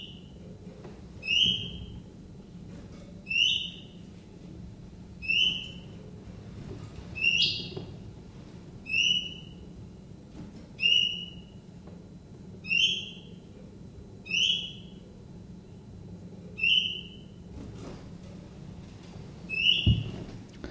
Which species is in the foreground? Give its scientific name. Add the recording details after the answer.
Phylloscopus trochilus. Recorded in captivity. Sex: male. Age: juvenile. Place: Zoologisches Institut Universität Tübingen, Baden-Württemberg, DE. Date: 1966-07-26 11:10. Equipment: Nagra III PH, MD 421, LGS26. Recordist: Schneider, Hans-Joachim. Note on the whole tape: Biesinger Str. 8, Erdgeschoss. Männchen rot/gelb - blau/gelb: Warnrufe und Jugendgesang. Auch Aufnahmen vom 29.07.1966 11.45 Uhr